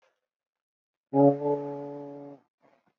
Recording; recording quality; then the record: sustained vowel as in boot; excellent, no background noise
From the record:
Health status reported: COVID-19 positive, mild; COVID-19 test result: positive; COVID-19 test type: RT-PCR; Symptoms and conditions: fatigue, muscle pain, diarrhoea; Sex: male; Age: 37 years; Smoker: no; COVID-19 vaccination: both doses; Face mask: worn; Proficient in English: yes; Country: India